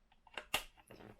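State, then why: Seated. The plastic wheels of a toy time-machine car are flipped down and pushed into the car body until they snap into hover position. Two sharp plastic clicks sound at 0.4 and 0.5 seconds, the second the loudest, followed by faint rustling. The wheels are seated in place.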